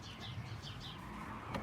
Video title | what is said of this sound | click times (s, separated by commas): Navara NP300 Grill removal in under 2 minutes | all the way up the sides, you hear that one click again, and then give it a trial pull. | 1.5 s